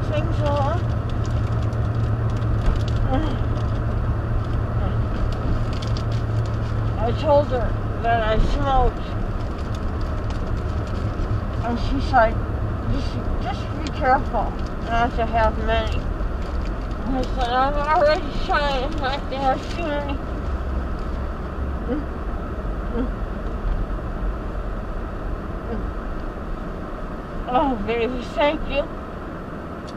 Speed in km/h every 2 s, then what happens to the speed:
39, 37, 37, 35, 34, 32, 32, 26, 16, 18, 23, 16, 10, 10, 0.
0-12 steady at about 35. 12-16 brakes to 16. 16-21 steady at about 18. 21-30 slows to 0.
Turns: 14-18, 20-26.